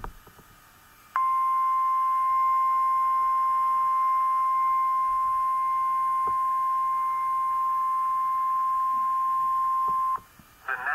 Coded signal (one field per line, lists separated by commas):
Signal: Emergency Alert System (SAME) tones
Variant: 1050 Hz attention tone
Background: speech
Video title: EAS 173 - Tornado Warning Limestone Madison AL and Lincoln TN *NEW VOICE*